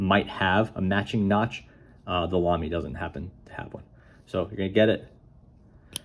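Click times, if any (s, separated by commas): 6.0 s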